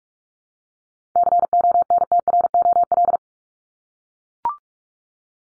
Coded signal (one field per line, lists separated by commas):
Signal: Morse code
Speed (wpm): 44 wpm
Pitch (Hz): 700 Hz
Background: none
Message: CONTROL